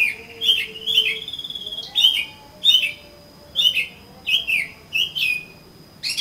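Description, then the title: Oriental magpie-robin song: a drawn-out whistle followed by sharp falling phrases repeated with short pauses between. "Kacer Kacer"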